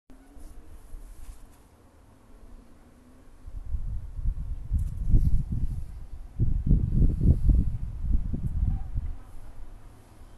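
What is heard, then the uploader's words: A gentle evening breeze over a quiet city, heard as low, soft rumbling gusts. It starts nearly still with a faint hum, then the wind swells from about four seconds, buffeting in uneven pulses, strongest near seven seconds, before easing toward the end. Evening breeze. Gentle breeze washes over a quiet city.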